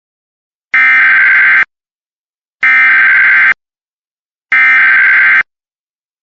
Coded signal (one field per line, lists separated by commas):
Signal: Emergency Alert System (SAME) tones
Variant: header bursts